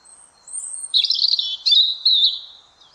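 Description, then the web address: European robin song: a high thin whistle, then a rich, fluttering warble of quickly changing notes in three bursts, fading at the end. "Deverinetal 2025 File origin Bird Only Er Ru"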